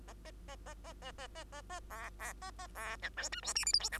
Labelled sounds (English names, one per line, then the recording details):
Bengalese Finch song
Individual Bird2